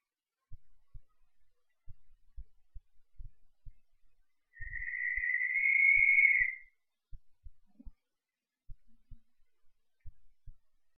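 Cape Verde barn owl utters a single rasping, hissy scream of about two seconds in the middle, framed by faint irregular low knocks and clicks.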